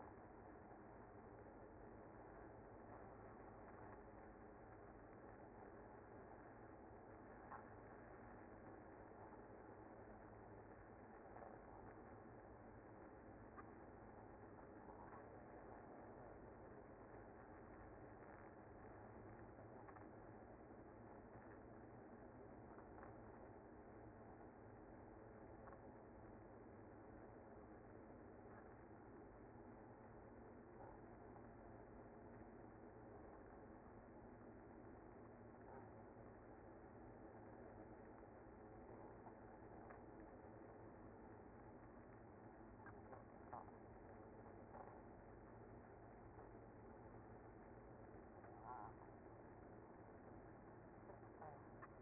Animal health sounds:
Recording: honeybee colony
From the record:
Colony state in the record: active

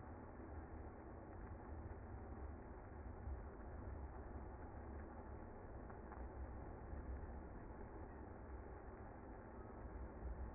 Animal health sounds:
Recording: honeybee colony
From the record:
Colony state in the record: active

